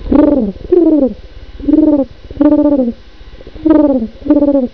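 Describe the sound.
Pigeons cooing: a series of about six low, throaty, purring coos, each under a second, repeated in quick succession with short pauses between them.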